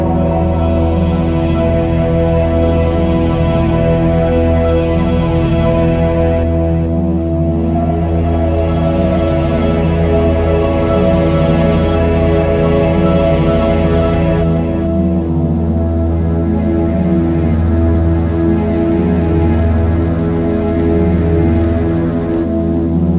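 Sound of a lake, a steady, dense wash of water with a strong low rumble and layered, ringing tones throughout. A brighter hiss rides on top and briefly falls away around seven and fifteen seconds, with faint droplet-like ticks scattered through.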